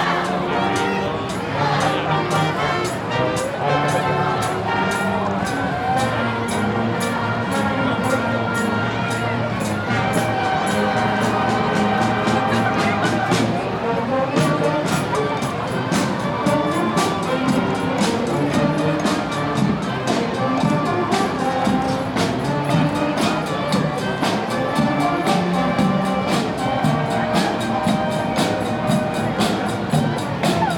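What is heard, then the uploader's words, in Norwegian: A children's parade passes with cheering and a marching band playing. Sustained brass-like tones and a busy, regular drumbeat run steadily through the whole stretch, mixed with a dense wash of crowd voices. The level stays loud and even throughout. Lyden av jublende barnetog og korps på 17.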